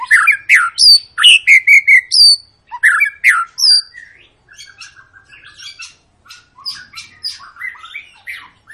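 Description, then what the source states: White-rumped shama song opening with loud rapid chirping bursts, then softer scratchy warbles and twittering notes scattered through the rest of the phrase. Long lure recording of an energetic, constantly singing White-rumped shama, used to prompt other birds to sing.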